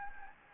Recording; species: mosquito wingbeat signal from an infrared sensor; Anopheles gambiae